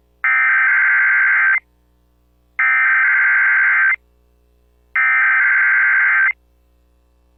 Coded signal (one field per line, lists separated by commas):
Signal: Emergency Alert System (SAME) tones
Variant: header bursts